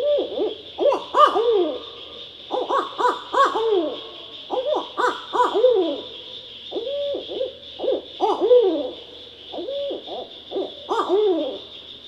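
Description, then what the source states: Barred owl giving repeated bouts of loud, wavering hoots, several quick series over twelve seconds, the notes rising and falling, over a constant background hiss. Recorded 9 May 2012.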